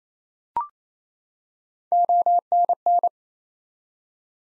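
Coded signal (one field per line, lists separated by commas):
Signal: Morse code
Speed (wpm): 28 wpm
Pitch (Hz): 700 Hz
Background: none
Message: ONN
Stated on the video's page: Morse practice at 28 wpm: ARRL sections and DX as used in Field Day contest exchanges, each sent twice for head-copy.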